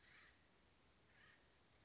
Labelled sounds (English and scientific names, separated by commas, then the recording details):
Acorn Woodpecker (Melanerpes formicivorus)
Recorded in Sonoma County, California